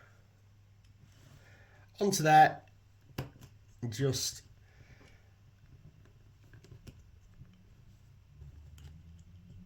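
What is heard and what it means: A plastic landing pod part for an MPC Eagle Transport scale model spacecraft kit from Space: 1999 is handled and lined up over the kit's strut mount while someone talks. A sharp tick near 3.2 seconds and faint light clicks and rustles follow. Nothing has seated or clicked into place yet.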